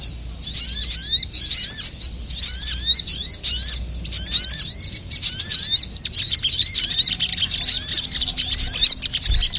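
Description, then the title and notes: Bird chirping: dense, high, hooked notes in rapid overlapping bursts with brief pauses. Compilation of bird sounds used as a lure to attract stubborn birds that are hard to approach. "Suara Burung Bandel Yang Susah Mendekati. Kompilasi Suara Pikat Burung"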